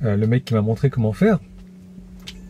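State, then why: Seated. A Type 2 charging cable plug with a grey cable is forced hard into an electric car's charging inlet, which needs force to go in. Someone talks for the first 1.4 seconds, then a quiet steady hum runs under a single short click at 2.3 s. The plug is seated.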